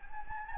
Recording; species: mosquito wingbeat signal from an infrared sensor; Anopheles gambiae